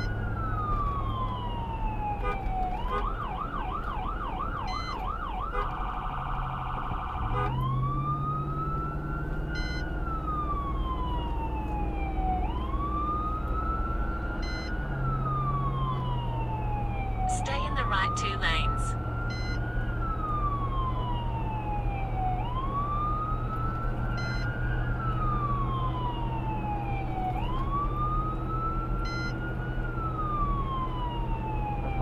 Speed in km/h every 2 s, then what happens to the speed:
81, 81, 71, 58, 64, 72, 77, 82, 84, 87, 89, 90, 92, 93, 93, 92.
3-7 brakes to 58. 7-25 speeds up to 93. 25-32 steady at about 93.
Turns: none.